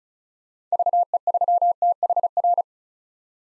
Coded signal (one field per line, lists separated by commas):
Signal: Morse code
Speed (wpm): 36 wpm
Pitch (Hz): 700 Hz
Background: none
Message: VE3THR